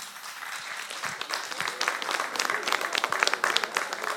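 A crowd applauds steadily, many hands clapping in a dense, continuous patter that grows slightly louder and livelier toward the end, with no voices standing out.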